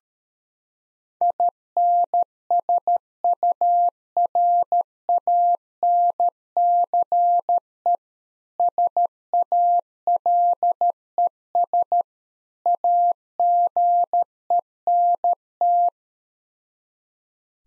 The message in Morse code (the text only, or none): INSURANCE SALES AGENT